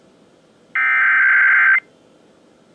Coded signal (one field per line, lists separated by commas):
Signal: Emergency Alert System (SAME) tones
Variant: header bursts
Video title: Oregon's RMT (EAS #3435-3439)